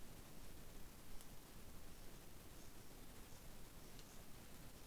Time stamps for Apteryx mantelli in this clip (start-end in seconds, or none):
none